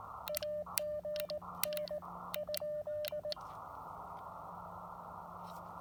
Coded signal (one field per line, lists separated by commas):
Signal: Morse code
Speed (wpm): 18 wpm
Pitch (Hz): 600 Hz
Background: none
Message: AGN ?